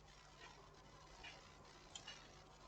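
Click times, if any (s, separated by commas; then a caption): none. A game card is handled at the cartridge slot of a Nintendo Switch handheld console. Steady low hiss is broken by two small, sharp ticks near 2.0 and 2.1 s. The card has not clicked or seated in the slot yet.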